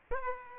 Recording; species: mosquito wingbeat signal from an infrared sensor; Aedes aegypti